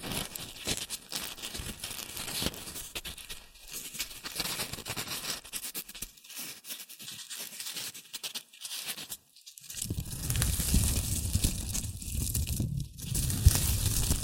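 Rustling and crinkling plays in dense, irregular bursts of crackle and patter, with short gaps around six to ten seconds. After about ten seconds the handling grows louder and fuller, adding a low rumbling scrape beneath the bright crinkles.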